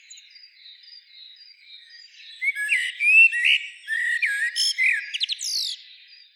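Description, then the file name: Common blackbird song phrase: quiet thin whistles at first, then a mellow warbled run rising into sharp high chirps and a squeaky flourish near the end. "Turdus merula"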